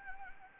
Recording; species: mosquito wingbeat signal from an infrared sensor; Anopheles gambiae